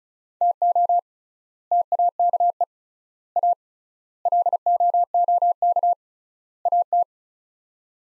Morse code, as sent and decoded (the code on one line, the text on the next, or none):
- --- / - .- -.- . / .- / .-.. --- --- -.- / .- -
TO TAKE A LOOK AT